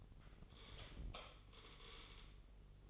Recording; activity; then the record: daily activity, microphone in the room; light off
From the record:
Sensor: 4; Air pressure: 996.1 hPa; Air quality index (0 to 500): 69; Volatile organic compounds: 2 ppm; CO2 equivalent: 1263 ppm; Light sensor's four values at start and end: 17/45/17/18 and 17/45/17/18